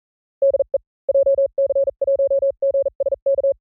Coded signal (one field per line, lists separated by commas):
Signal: Morse code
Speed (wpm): 40 wpm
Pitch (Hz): 550 Hz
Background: none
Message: DE JC1GSK